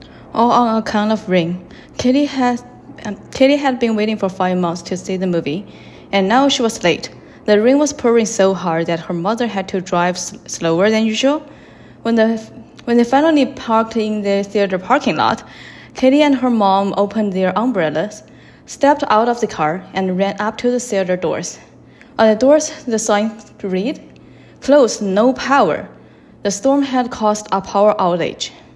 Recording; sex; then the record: reading aloud after running; female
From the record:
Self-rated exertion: moderate exertion (3 of 6); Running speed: 8 miles an hour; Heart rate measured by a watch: 101 beats a minute at the start, 108 at the end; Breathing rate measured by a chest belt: 29 breaths a minute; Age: 28 years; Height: 155 cm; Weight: 44 kg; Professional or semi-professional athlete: no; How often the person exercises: 3 to 5 times a week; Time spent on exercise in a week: over 5 hours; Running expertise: yes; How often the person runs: 3 to 5 times a week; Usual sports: running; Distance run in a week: 45 km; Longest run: 32 km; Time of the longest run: 200 minutes